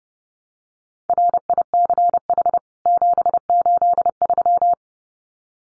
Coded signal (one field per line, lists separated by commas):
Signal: Morse code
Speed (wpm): 30 wpm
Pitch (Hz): 700 Hz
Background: none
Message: RICH 783